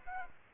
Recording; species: mosquito wingbeat signal from an infrared sensor; Aedes aegypti